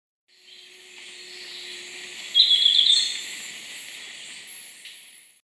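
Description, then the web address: Golden-faced Tyrannulet with one short, sharp burst of high, jumbled twittering notes amid a steady hiss of background noise. Subspecies albigularis, recorded in Ecuador. "Birds of Ecuador Golden-faced Tyrannulet (ssp albigularis)"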